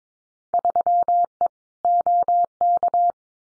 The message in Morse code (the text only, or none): 3E OK